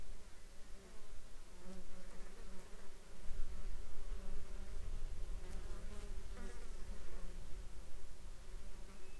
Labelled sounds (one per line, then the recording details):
insects
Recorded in the Arctic National Wildlife Refuge, Alaska, on 17 July 2021 at 09:08
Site 33